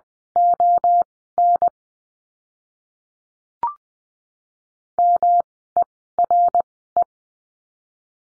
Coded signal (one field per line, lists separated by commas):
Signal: Morse code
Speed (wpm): 20 wpm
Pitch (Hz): 700 Hz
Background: none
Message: ON MERE